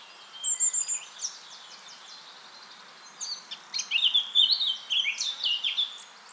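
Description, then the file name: Eurasian blackcap song: a high thin whistle and soft chatter, then a loud fluty warble of varied slurred notes. "Sylvia atricapilla"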